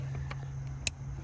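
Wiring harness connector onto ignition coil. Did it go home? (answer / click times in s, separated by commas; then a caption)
yes / 0.9 s. While reinstalling the ignition coils on a Toyota Prius hybrid engine, a plastic wiring harness electrical connector is pushed onto the second ignition coil. Over a steady low hum, a faint tick at 0.3 s is followed by a sharp, bright click at 0.9 s as the connector snaps fully into place.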